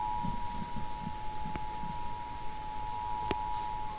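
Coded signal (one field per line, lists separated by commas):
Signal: Emergency Alert System (SAME) tones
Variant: 853 and 960 Hz attention tone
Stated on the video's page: Required Monthly Test aired on a TV station.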